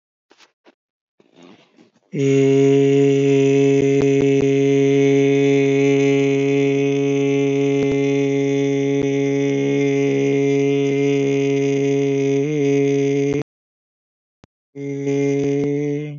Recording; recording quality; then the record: sustained vowel as in made; excellent, no background noise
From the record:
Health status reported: healthy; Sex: male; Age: 23 years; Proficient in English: yes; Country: India